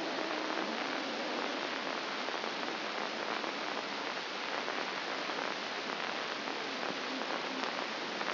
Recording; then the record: brain microelectrode recording played as sound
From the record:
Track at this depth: inside the subthalamic nucleus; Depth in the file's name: 5.101 mm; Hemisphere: left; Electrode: 2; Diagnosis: Parkinson's disease